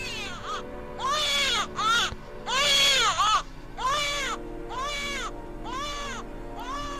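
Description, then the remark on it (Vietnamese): Outside at night, a baby cries in a series of about six high, wavering wails, each rising and falling in pitch, with brief breaks between them and no talking. “Ở bên ngoài, tiếng trẻ con khóc thỉnh thoảng cứ vang lên.”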